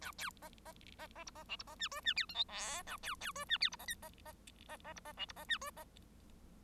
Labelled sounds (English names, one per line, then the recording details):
Bengalese Finch song
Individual Bird1